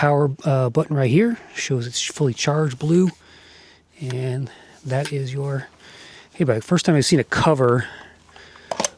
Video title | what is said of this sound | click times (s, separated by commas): Heybike Venus⚡️New 50 Pound Commuter Ebike | Snaps back in place. | 8.9 s